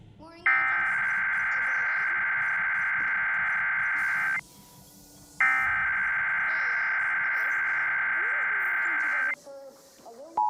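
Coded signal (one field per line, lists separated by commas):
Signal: Emergency Alert System (SAME) tones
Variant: header bursts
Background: speech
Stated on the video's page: Required monthly test for the Roanoke area recorded from three TV stations, plus a required weekly test on one of them.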